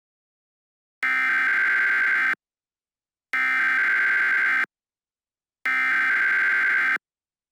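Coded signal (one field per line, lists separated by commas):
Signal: Emergency Alert System (SAME) tones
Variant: header bursts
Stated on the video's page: Recreations of EAS tones as produced by various encoder systems, including KeyWest, Idea/Onics, Texscan, CEMS, Gorman Redlich, Trilithic, DASDEC and Xfinity X1, sending Required Monthly and Weekly Tests.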